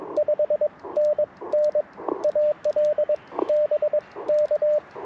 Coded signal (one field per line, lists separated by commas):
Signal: Morse code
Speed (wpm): 22 wpm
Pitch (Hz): 590 Hz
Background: radio noise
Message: 5NN AL BK